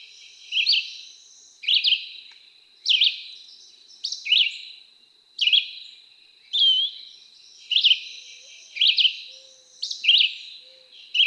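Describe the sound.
Red-eyed Vireo song: short, slurred whistled phrases repeated roughly every second, with a steady high whine running beneath throughout.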